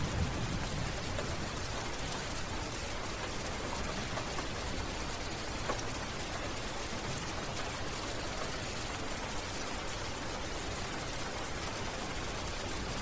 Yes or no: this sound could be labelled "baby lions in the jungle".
no